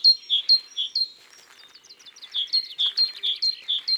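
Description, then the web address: Great tit song: high two-note phrases repeated briskly, a short pause in the middle, then the same see-saw pattern resumes. "la mesange charbonniere. cuicui et compagnie"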